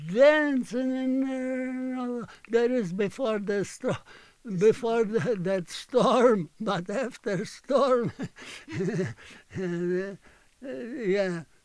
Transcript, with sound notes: dancing and, that is, before the storm, before that storm. (he laughs) But after storm. Yeah.